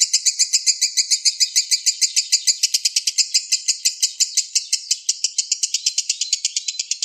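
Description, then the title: Oriental magpie-robin song: a fast, even train of harmonic chattering notes that runs on through the whole stretch, with no other sounds. "Kicau Kacer Durasi Panjang 1jam Lebih"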